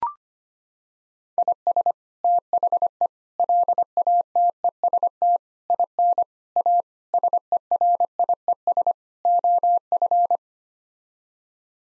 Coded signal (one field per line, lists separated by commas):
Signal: Morse code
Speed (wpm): 25 wpm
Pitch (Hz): 700 Hz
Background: none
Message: IS THE LATEST IN A SERIES OF